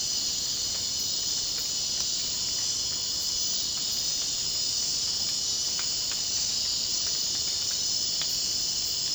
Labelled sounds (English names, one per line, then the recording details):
none
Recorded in dense forest near Puerto Asís, Putumayo, Colombia, on 24 June 2025 at 22:30
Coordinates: 0.499, -76.324
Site G100